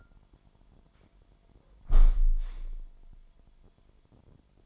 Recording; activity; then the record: daily activity, microphone in the room; close window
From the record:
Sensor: 5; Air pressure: 998.8 hPa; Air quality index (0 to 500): 98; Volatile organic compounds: 2 ppm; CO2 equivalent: 1128 ppm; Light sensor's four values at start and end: 32/79/32/37 and 32/78/32/37